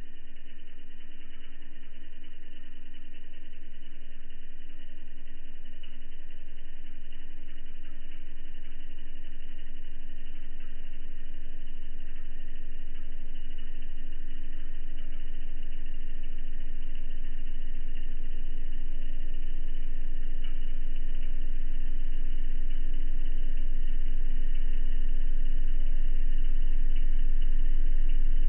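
A spacecraft shakes on a test rig, a steady low droning hum with engine-like rumble, slowly growing louder over the half minute.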